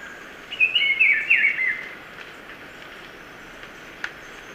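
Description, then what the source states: Black-billed peppershrike delivering one short warbled phrase of tumbling whistled notes, followed by near silence and a single faint click. Ecuador.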